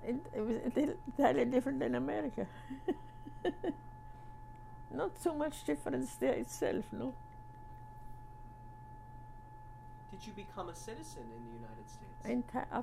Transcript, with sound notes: And it was enti-- entirely different than America. (laughs) Not so much difference there itself, no?
Did you become a citizen in the United States?